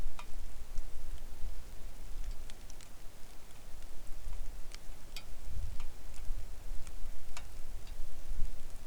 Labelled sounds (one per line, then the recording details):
wind
rain
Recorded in the Arctic National Wildlife Refuge, Alaska, on 3 August 2019 at 09:54
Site 41